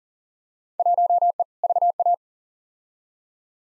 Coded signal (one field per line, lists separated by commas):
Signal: Morse code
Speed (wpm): 40 wpm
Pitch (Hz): 700 Hz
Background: none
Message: 1E VA